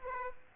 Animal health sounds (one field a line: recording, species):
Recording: mosquito wingbeat signal from an infrared sensor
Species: Aedes aegypti